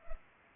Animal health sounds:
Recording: mosquito wingbeat signal from an infrared sensor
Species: Culex pipiens

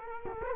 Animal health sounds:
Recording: mosquito wingbeat signal from an infrared sensor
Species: Culex quinquefasciatus

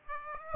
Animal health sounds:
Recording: mosquito wingbeat signal from an infrared sensor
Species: Aedes aegypti

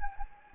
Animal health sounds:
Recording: mosquito wingbeat signal from an infrared sensor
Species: Anopheles gambiae

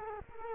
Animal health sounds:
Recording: mosquito wingbeat signal from an infrared sensor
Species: Culex quinquefasciatus

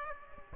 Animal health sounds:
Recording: mosquito wingbeat signal from an infrared sensor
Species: Aedes aegypti

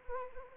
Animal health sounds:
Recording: mosquito wingbeat signal from an infrared sensor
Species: Anopheles arabiensis

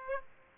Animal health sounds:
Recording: mosquito wingbeat signal from an infrared sensor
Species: Aedes aegypti

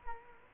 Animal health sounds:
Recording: mosquito wingbeat signal from an infrared sensor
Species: Culex quinquefasciatus

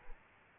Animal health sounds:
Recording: mosquito wingbeat signal from an infrared sensor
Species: Aedes albopictus

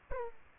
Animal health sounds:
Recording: mosquito wingbeat signal from an infrared sensor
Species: Aedes aegypti

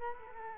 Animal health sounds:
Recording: mosquito wingbeat signal from an infrared sensor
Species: Culex quinquefasciatus

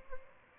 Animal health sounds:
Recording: mosquito wingbeat signal from an infrared sensor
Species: Aedes albopictus

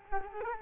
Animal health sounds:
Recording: mosquito wingbeat signal from an infrared sensor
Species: Culex quinquefasciatus

